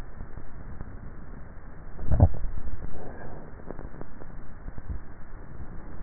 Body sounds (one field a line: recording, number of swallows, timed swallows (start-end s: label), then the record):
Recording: swallowing sounds by neck microphone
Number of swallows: 1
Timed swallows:
1.92-2.88 s: swallow
From the record:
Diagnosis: dysphagia